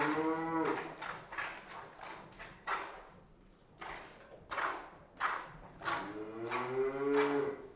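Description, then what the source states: Cow moos once at the start and again near the end with a long loud call, between squirts of hand-milking. One cow being hand-milked, giving some loud moos; livestock.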